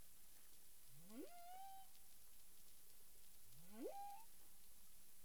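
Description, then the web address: Humpback whale calls: two sweeping upward moans that climb steeply, then level into a held tone, a few seconds apart, over steady underwater hiss. Recorded 9 April 2002 at 18:42:53 UTC. "CARIMAM. humpback whale 20020409 184253 UTC"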